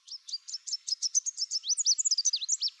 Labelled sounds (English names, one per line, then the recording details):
Chestnut-capped Warbler song
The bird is a male
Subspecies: delattrii
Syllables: 21
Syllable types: 17
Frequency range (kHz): 2.6-8.7 kHz
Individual CR-RBS-M